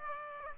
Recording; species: mosquito wingbeat signal from an infrared sensor; Aedes aegypti